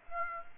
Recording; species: mosquito wingbeat signal from an infrared sensor; Aedes aegypti